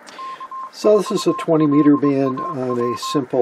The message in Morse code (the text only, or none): K4LAW